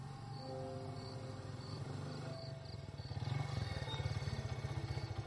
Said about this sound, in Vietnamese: Tiếng xe máy khiến cho Thiện bị cắt ngang dòng suy nghĩ. Đoán Cường đã đến, Thiện bật dậy đi ra ngoài.